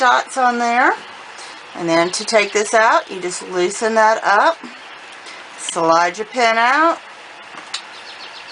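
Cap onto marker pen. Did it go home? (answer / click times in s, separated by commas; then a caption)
yes / 7.8 s. Someone talks while a plastic cap is pushed onto a craft marker pen after use. A short, sharp click sounds at 7.8 s as the cap snaps on. The cap is secure: the click is heard and the black line no longer shows.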